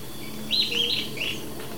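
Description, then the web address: Sooty-headed tyrannulet song: one brief phrase of quick, high, slightly buzzy notes run together. Ecuador. "Natures Songs S America Birds of Ecuador. Sooty-headed Tyrannulet"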